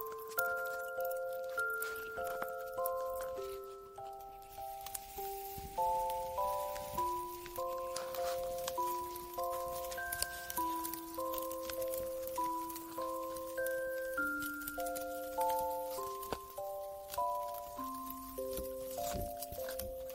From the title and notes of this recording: Santa's cozy workshop ASMR ambience. Christmas music/ music box. Relaxing music box.